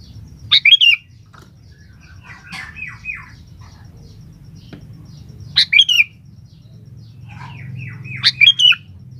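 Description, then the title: Sooty-headed bulbul repeats its short, bright, bubbling phrase three times, a few seconds apart, with softer chattering notes between and faint low hum. "Kutilang"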